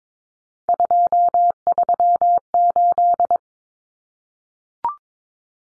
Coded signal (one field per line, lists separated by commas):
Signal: Morse code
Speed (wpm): 22 wpm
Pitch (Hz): 700 Hz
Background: none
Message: 238